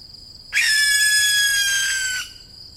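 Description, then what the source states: Barn owl screech, a single harsh, hissing rasp lasting nearly two seconds, with a steady high insect drone running throughout. Young birds.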